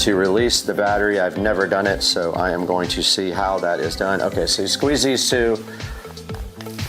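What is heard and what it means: Someone talks over background music while squeezing the two side parts of a cordless power tool to release its DeWalt 20-volt battery pack. A few faint, short handling sounds follow around 6.2 to 6.8 seconds. The pack does not come out and nothing has released or clicked yet, so this release attempt fails.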